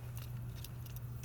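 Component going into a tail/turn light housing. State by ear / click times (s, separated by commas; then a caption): not seated / none. A component is handled and pushed into a motorcycle tail/turn light housing during assembly. Short, bright ticks are heard at about 0.2, 0.7 and 1.0 seconds over a steady low hum. Nothing has seated or clicked into place yet.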